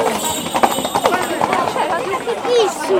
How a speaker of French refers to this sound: Les cavaliers, toujours par deux ou par trois, galopaient cette fois à pleine vitesse. Ils se tenaient par les épaules.